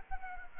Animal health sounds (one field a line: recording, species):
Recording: mosquito wingbeat signal from an infrared sensor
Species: Culex quinquefasciatus